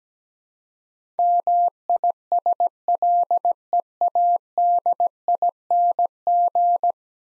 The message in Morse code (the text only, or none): MISLEADING